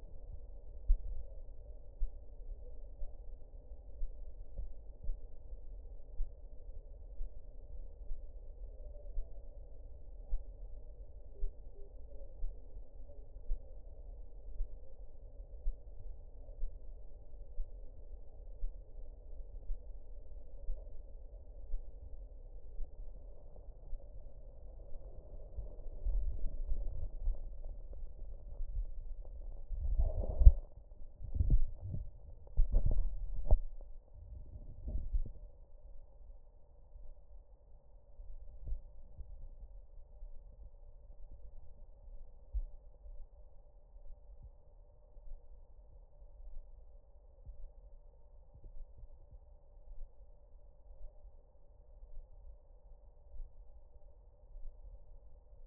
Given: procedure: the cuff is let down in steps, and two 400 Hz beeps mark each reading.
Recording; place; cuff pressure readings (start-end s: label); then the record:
Korotkoff sounds by stethoscope; brachial artery, at the lower edge of an arm cuff
11.35-11.88 s: 55 mmHg
From the record:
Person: healthy adult, 24 to 32 years, lying on the back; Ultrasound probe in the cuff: distal